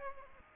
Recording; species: mosquito wingbeat signal from an infrared sensor; Aedes aegypti